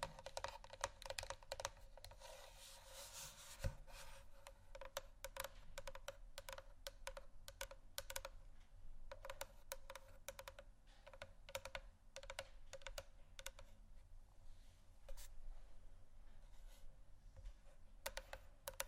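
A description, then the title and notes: Gentle tapping fills the clip, quick light taps coming in irregular bursts, dense near the start and again around the middle, thinning out toward the end. The taps are crisp, clicking like keys, over a low steady hum. ASMR Gentle Tapping Assortment (No Talking).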